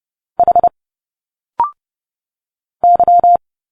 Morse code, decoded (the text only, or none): H Y